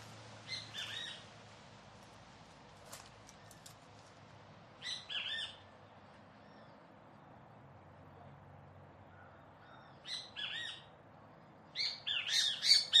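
Kiskadee giving short bursts of harsh, buzzy notes separated by long quiet gaps, the final burst the loudest, over soft background hiss.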